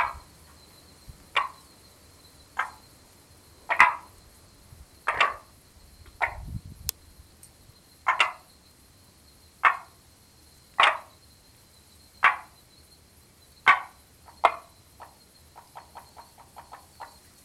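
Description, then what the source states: Frog calls: sharp knocking croaks repeated every one to two seconds, ending in a fast run of softer clicks, over a faint steady high tone. Frog recorded 4 April 2020, between 18:00 and 20:00.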